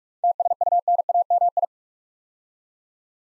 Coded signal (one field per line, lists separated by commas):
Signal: Morse code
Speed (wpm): 44 wpm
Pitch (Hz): 700 Hz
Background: none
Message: TSUNAMI